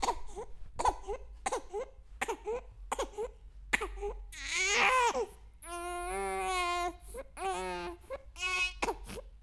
Human baby crying.